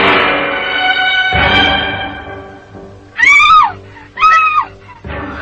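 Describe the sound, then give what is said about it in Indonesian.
A woman lets out two shrill, wavering screams in quick succession, each lasting about half a second, rising above a steady low tonal drone that fades in and out beneath them. “Tapi baru saja dia akan bergerak ke sebuah pohon, tiba-tiba dari arah lain terdengarlah jeritan seorang wanita.”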